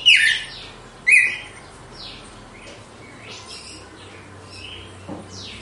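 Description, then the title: Red-cowled cardinal song: two loud, clear whistled phrases near the start, falling slides then a level note, followed by fainter notes against a steady low hum. Female bird; song described as pure, strong, clean and measured 'açoite' style. "Canto Galo Campina Fêmea 02. GALO DE CAMPINA, AÇOITE PURO, FORTE, LIMPO E COMPASSADO"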